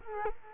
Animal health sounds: mosquito wingbeat signal from an infrared sensor; Culex quinquefasciatus

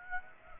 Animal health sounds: mosquito wingbeat signal from an infrared sensor; Aedes aegypti

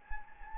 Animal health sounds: mosquito wingbeat signal from an infrared sensor; Anopheles gambiae

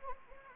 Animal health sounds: mosquito wingbeat signal from an infrared sensor; Anopheles gambiae

